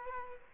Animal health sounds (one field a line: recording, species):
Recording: mosquito wingbeat signal from an infrared sensor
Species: Aedes aegypti